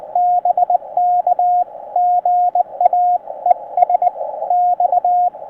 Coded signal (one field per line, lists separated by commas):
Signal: Morse code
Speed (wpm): 20 wpm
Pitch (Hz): 750 Hz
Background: radio noise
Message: BK GA ES X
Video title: CW POTA Activation From Myrtle E. Hall WMA - Morse Code 20m - NB0W Ham Radio - Parks On The Air